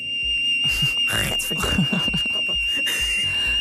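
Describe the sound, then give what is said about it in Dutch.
A steady, piercing high-pitched ringing tone holds unbroken for the whole clip, mimicking tinnitus, with muffled thumping and murmuring voices underneath it. “Want door dat harde gebeuk kun je tinnitus krijgen. Ook wel bekend als oorzuizen. En dat klinkt zo.”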